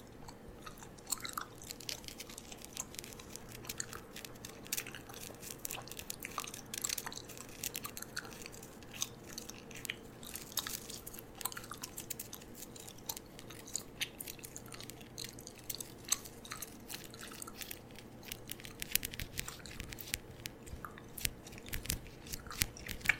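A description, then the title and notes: Gum is chewed without pause, a dense run of wet, sticky clicks and smacks that crackle brightly and keep a fairly even pace for the whole stretch. A faint, steady low hum sits underneath throughout. ASMR Gum Chewing.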